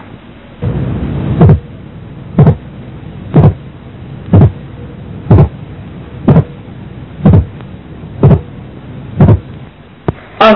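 Simulated heart sounds, regular at about 62 a minute, with the second heart sound split by 0.08 seconds.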